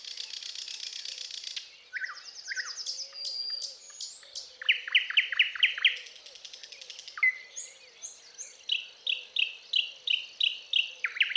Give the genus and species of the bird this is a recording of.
Luscinia luscinia